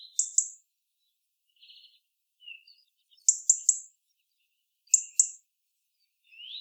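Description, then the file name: European robin uttering sharp, high tick notes in pairs and triplets, with brief soft squeaky notes in the gaps. "Erithacus rubecula"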